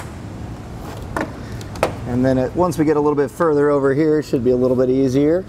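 A plastic trim tool pries the plastic tow-hook shroud off the front bumper of a 2020 Ford F-250 Super Duty, working around its edge so the snap-in clips pop loose. Sharp clip pops come at 1.2 s and 1.8 s, with fainter ticks between them. Someone then talks as the shroud comes free.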